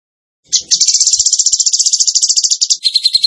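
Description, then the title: Bird song: a rapid, pulsing, high trill starts suddenly and runs steadily for nearly three seconds, shifting slightly in tone near the end. Bird song in the tembakan gacor style, used as masteran (training for other birds). "Masteran Burung Tembakan Gacor"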